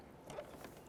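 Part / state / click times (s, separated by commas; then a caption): transmission cooler line fitting into radiator quick-connect port / seated / 0.3 s, 0.6 s. The second transmission cooler line fitting is pushed onto the quick-connect port of the radiator on a 2005-2010 Chevrolet Cobalt. Short clicks are heard at 0.3 s and 0.6 s over low mechanical handling noise. The line is tugged to check it, and it is confirmed seated and locked.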